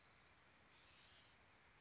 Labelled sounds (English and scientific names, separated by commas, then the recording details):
Bewick's Wren (Thryomanes bewickii)
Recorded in Sonoma County, California